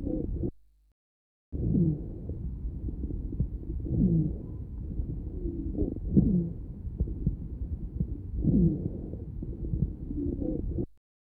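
Adult chest heard by stethoscope in an asthmatic patient: a rhonchus at the start of inspiration, sometimes accompanied by a wheeze at the end of expiration.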